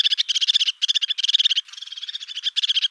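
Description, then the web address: Crested tit giving high, buzzy purring trills: rapid, dry pulses in short bursts, each lasting under a second, with brief gaps between bursts. "Parus cristatus"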